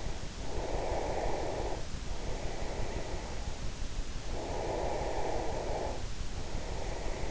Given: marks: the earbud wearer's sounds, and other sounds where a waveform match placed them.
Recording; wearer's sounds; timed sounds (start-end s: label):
sounds in sleep by an in-ear microphone; breath
0.56-3.71 s: breath
4.24-7.31 s: breath